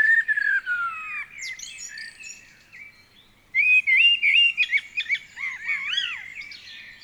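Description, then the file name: Common blackbird sings a slow descending fluted phrase, then a brighter rapid warbling passage with twisting high notes. "Turdus merula"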